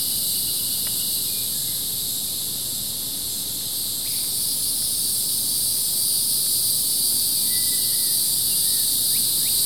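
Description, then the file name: Crickets trill steadily in a dense high-pitched chorus, with a few faint bird chirps and short whistles scattered through and a low rumble underneath. Crickets recorded with some birds in the background. "kevin boucher animals insects crickets some flies birds in background"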